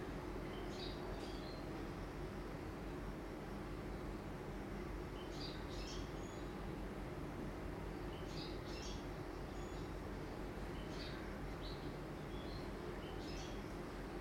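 Birds chirp in short bright bursts about every two seconds, around 1, 2.5, 6, 9, 11 and 13.5 seconds, over a constant low hum and rumble like running appliances or machinery. The background stays dense and level throughout.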